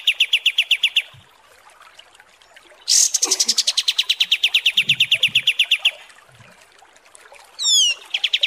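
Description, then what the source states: Kapas tembak trills: rapid, evenly spaced pulsed notes in long bursts, with a brief loud squeal at the start of one burst and a short burst of falling sweeps near the end. Masteran tutor song for training cage birds, described as deluxe (mewah).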